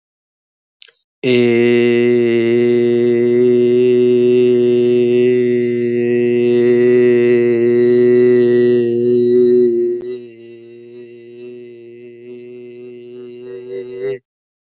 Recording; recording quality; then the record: sustained vowel as in made; excellent, no background noise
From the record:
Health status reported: healthy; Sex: male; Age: 20 years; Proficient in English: yes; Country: India